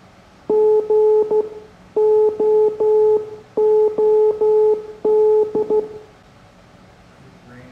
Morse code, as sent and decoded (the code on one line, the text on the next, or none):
--. --- --- -..
GOOD